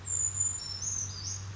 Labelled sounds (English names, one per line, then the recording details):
Brown Creeper
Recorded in Sonoma County, California